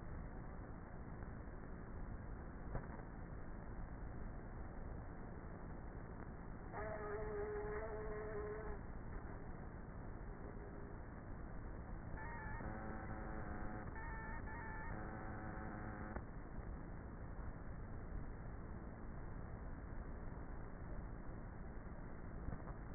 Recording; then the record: honeybee colony, microphone inside the hive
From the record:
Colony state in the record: queenless with a low population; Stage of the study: before two queens were removed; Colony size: about 30,000 bees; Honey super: no